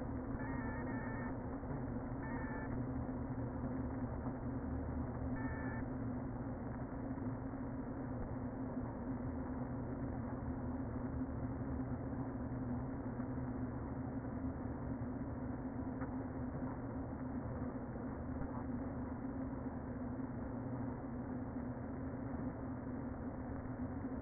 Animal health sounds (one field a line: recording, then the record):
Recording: honeybee colony, microphone inside the hive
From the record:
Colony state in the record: queen present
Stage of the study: before two queens were removed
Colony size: about 60,000 bees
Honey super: yes